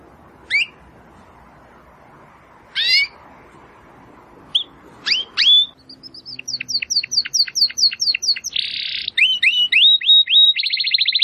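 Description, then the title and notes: Domestic canary singing: a few scattered sharp chips, then a fast run of repeated whistled notes, a buzzy burst and high trills toward the end. Belgian canary singing; labelled 'Campainha'. "Canário Belga Campainha Canary Singing. Canario Belga Cantando"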